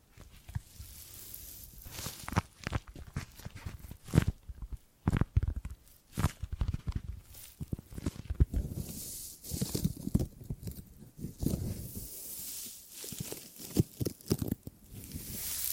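Gripping and grabbing sounds: short scratchy taps and rustles come in irregular bursts, some sharp clicks standing out around the fourth and fifth seconds. Between the bursts, soft crinkling and hiss fill the gaps, with louder clustered grabbing later on.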